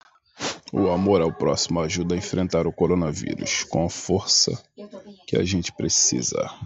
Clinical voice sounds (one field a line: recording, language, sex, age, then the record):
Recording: spoken sentence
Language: Brazilian Portuguese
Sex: male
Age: 30 to 39 years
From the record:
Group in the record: control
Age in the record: 32 years